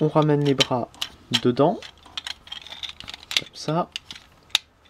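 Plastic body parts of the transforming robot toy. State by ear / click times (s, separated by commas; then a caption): seated / 4.6 s. Someone talks while the arms of a Transformers Combiner Wars Defensor robot toy are folded in, and its plastic body parts are pressed together with a few small handling clicks. A sharp click at 4.6 s marks the parts clipping together and seating.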